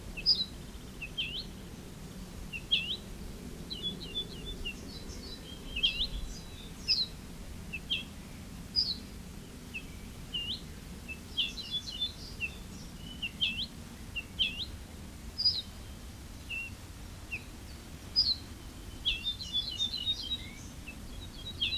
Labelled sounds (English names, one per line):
Ortolan Bunting